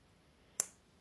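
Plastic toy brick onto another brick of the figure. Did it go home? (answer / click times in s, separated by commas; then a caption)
yes / 0.6 s. A plastic Lego toy brick is pressed onto another brick of a figure. One sharp, loud click is heard at 0.6 s against a quiet background, and the brick snaps on and seats.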